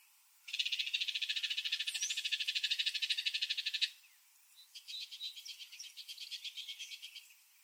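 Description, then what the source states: Bird giving a rapid, harsh buzzing rattle for over three seconds, then a softer, quieter, more broken rattle after a short pause. Arizona.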